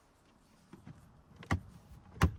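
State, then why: Seated. The plastic glove box of a 2015 Buick Regal Turbo is lifted back up with its holes lined up and pushed into the dashboard, with a few faint knocks before two sharp snaps at 1.5 s and 2.2 s. The centermost clip snaps in and holds the glove box in place.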